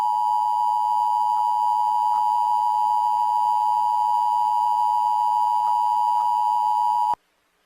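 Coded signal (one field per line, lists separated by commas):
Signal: Emergency Alert System (SAME) tones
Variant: 853 and 960 Hz attention tone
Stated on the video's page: Simulated EAS scenario.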